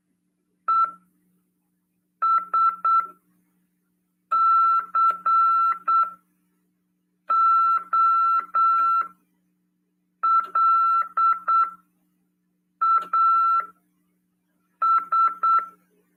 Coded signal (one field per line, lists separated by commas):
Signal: Morse code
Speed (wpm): 8 wpm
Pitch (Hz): 1340 Hz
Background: none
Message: ESCOLAS